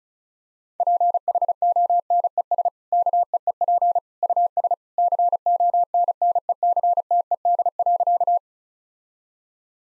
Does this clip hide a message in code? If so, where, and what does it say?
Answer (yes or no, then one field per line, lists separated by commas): yes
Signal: Morse code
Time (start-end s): 0.8-8.4 s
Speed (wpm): 36 wpm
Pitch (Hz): 700 Hz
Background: none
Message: PHONES KEEP US CONNECTED.